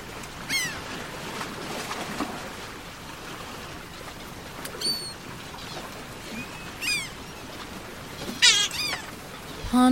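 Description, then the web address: Gull crying in repeated short downslurred mews spread throughout, over a continuous rushing wash of noise, ending with a brief steady tone. "bird seagull"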